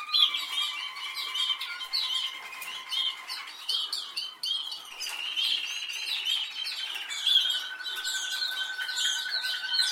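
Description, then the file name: Canary song, sustained low buzzy rolls under high chirps, then a bright fast trill and a steady rolling phrase near the end. "Canary Voice"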